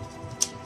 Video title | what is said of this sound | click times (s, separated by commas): 🆘P0672 AUDI VOLKSWAGEN SKODA TDI, #RESOLU | voilà il faut qu'on attend le TAC on va remettre la place du | 0.4 s